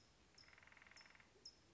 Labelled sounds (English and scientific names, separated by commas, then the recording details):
California Towhee (Melozone crissalis)
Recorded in Sonoma County, California